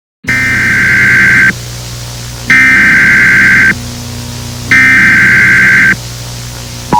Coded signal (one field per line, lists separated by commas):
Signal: Emergency Alert System (SAME) tones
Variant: header bursts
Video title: EAS SCENARIO || Alexandria EF5